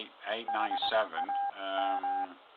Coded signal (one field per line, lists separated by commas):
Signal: Morse code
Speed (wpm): 21 wpm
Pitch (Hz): 800 Hz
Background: speech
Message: HAM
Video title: 019 01 09 NW HAM